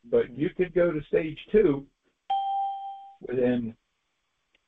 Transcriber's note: bell dings